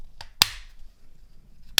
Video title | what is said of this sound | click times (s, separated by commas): How to Replace The Battery of Your Garage Door Opener Remote | make sure it clicks well | 0.4 s, 1.8 s